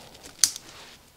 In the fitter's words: flip one over and it should click just like this together